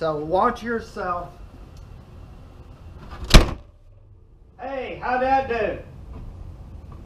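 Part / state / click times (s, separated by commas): vehicle hood into its front latch / seated / 3.3 s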